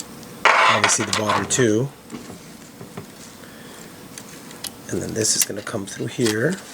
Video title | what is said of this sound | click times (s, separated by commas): How to replace one of the two ribbons on a Kenwood KDC-X969 | and just make sure it snaps into place right here and right here obviously | 0.5 s